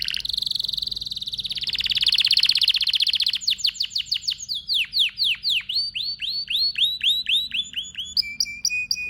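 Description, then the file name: Canary song: a fast buzzy high trill for about three seconds, then a run of clear down-slurred notes, ending on brief high notes. "طائر الكناري (اشهر طيور بصوت عذب)"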